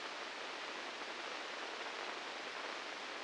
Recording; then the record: brain microelectrode recording played as sound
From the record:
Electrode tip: inside the subthalamic nucleus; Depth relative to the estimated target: -3 mm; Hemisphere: right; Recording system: NeuroSet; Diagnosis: Parkinson's disease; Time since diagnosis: 9 years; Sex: female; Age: 51 years